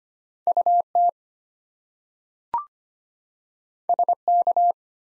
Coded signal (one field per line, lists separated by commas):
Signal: Morse code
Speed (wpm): 25 wpm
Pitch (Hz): 700 Hz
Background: none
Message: UT SK